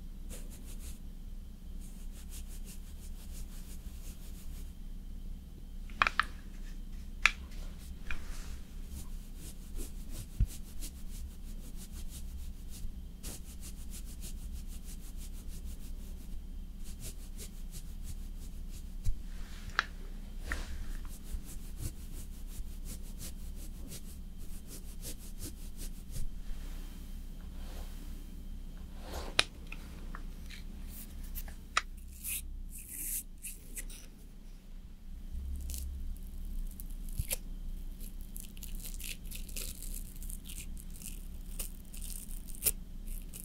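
Someone slowly applies makeup, with soft brushing, rubbing and small tapping sounds scattered through the clip. A steady low hum runs underneath throughout. Sharper clicks and scratchy strokes cluster near the end, around thirty seconds onward.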